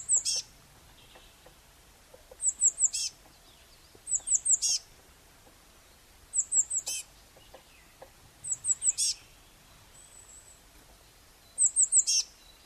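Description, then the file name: Eurasian blue tit repeating high, thin note series about every two seconds, six phrases of three sharp notes each ending in a brief lower note. "Cyanistes caeruleus"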